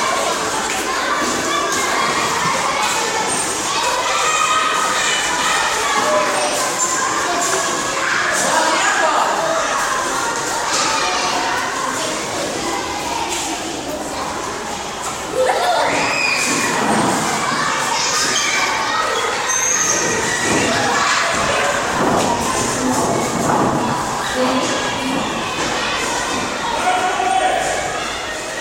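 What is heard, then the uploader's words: Children play at school recess, a dense, continuous crowd of young voices shouting, calling and laughing without pause. The level stays steady throughout, with brief sharper shouts near fifteen and twenty seconds rising above the bright, echoing chatter. Paisagem sonora do intervalo em uma escola. (Soundscape of children playing at recess in Brazil) by Jesiel Ternero.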